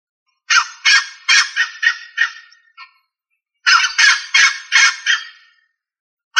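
Rail giving harsh, raspy calls in rattling series of several notes, separated by a short pause.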